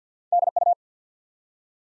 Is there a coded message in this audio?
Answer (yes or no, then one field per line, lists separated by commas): yes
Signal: Morse code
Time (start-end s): 0.3-0.7 s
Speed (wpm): 49 wpm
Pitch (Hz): 700 Hz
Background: none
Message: D U